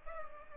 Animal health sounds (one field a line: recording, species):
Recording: mosquito wingbeat signal from an infrared sensor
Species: Culex pipiens